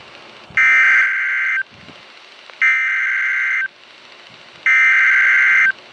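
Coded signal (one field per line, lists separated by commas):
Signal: Emergency Alert System (SAME) tones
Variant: header bursts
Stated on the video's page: EAS alerts via NOAA weather radio during a flash flood risk.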